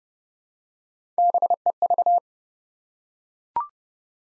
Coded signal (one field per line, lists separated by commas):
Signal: Morse code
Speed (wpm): 30 wpm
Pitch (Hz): 700 Hz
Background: none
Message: BEV